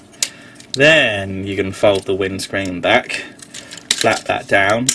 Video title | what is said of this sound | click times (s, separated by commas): Dark of the Moon Leader Bumblebee, and me going on and on and on and on. | So if you pull that, you push it up, so it's just right, and then it clicks into place. | 0.2 s